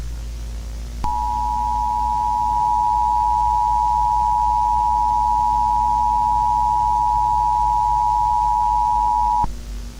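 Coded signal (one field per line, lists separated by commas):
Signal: Emergency Alert System (SAME) tones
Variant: 853 and 960 Hz attention tone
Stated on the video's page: Fictional EAS scenario made with text-to-speech.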